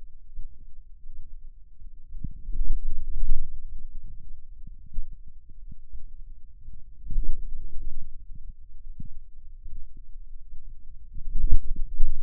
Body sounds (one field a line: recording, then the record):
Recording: forearm muscle sounds (acoustic myography)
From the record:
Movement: outward rotation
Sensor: system 2, bracelet of six BSWA MPA416 microphones around the upper forearm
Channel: 5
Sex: male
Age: 22 years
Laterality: right